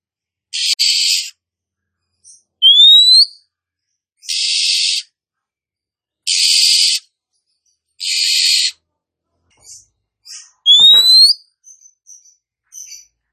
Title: KACER NGOTOT FULL TEMBAKAN. KACER MANAPUN DIJAMIN NYAUT TIDAK PAKEK LAMA DENGAN PIKAT SUARA KACER BETINA INI